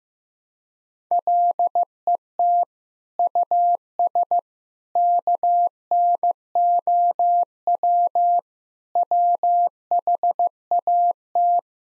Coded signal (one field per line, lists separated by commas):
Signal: Morse code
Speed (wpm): 15 wpm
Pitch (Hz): 700 Hz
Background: none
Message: LET US KNOW WHAT